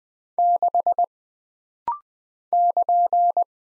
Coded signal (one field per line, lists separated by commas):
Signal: Morse code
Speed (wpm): 20 wpm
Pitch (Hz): 700 Hz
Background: none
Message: 6 <KN>